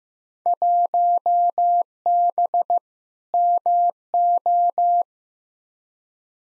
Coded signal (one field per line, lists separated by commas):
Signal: Morse code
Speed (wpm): 15 wpm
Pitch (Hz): 700 Hz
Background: none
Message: 1B MO